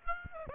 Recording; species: mosquito wingbeat signal from an infrared sensor; Aedes aegypti